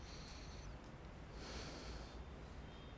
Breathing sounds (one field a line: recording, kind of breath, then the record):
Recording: one breath in and out by a microphone near the nose and mouth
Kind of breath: deep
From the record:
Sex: male